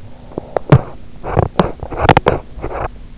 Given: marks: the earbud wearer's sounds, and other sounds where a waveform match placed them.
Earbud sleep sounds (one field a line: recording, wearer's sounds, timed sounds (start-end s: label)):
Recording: sounds in sleep by an in-ear microphone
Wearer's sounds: breath, teeth grinding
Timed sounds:
0.00-1.03 s: breath
0.00-3.06 s: teeth grinding